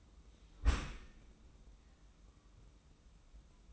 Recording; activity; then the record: daily activity, microphone in the room; close dishwasher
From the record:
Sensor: 1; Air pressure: 994.4 hPa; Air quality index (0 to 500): 216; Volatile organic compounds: 1000 ppm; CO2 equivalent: 7759 ppm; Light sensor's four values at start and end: 126/289/129/141 and 122/279/124/136